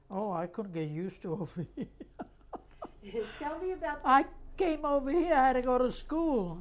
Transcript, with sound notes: Oh, I could get used to over there. ( she laughs )
Tell me about...
I came over here, I had to go to school.